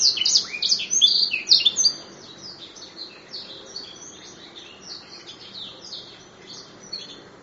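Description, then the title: Atlantic canary song, a loud burst of sharp, high twittering chirps for two seconds, then much softer, rapid chattering continuing in the background. "kenari"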